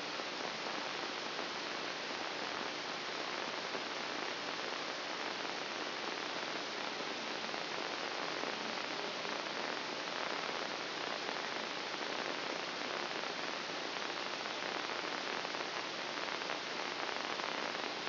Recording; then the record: brain microelectrode recording played as sound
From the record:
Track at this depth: inside the subthalamic nucleus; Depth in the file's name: 3.114 mm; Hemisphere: left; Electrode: 2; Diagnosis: Parkinson's disease